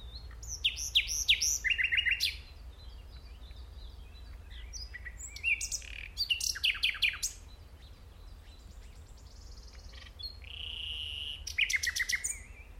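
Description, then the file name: Common nightingale song in separate bursts of rapid repeated notes and whistles, with pauses between phrases, a sustained whistled note near the end, and low background hum. "Luscinia megarhynchos"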